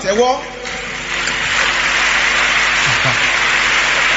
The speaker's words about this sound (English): Let me hear your clapping first.